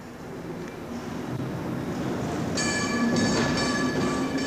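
A tram rumbles in on its rails with a steady low roar, then a bright metallic squeal of wheels rises over the noise in the last couple of seconds.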